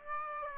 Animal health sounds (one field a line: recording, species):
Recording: mosquito wingbeat signal from an infrared sensor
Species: Aedes aegypti